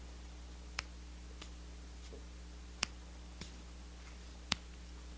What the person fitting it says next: I love that it clicks so you know that you've closed your mascara.